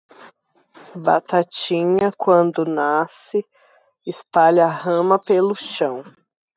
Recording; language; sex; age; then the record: short text; Brazilian Portuguese; female; 30 to 39 years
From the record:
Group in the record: control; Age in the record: 36 years